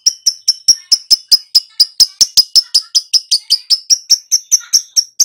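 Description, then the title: Lovebird repeating bright, high chirps in a fast, steady stream throughout. Recording used as a lure (pancingan) to prompt a lovebird to respond and sing vigorously (gacor). "Pancingan Lovebird Agar Nyaut GACOR."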